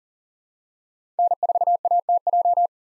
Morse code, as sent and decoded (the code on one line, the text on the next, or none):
-. ....- .- - .---
N4ATJ